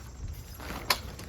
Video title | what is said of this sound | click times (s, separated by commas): HOMDOX 10X10 PORTABLE POPUP CANOPY TENT W/SIDE PANEL WINDOWS & ZIP UP FRONT REAR DOOR & ROLLING TOTE | so it just clicks into place over here and you put the top on it has velcro straps on the corners | 0.9 s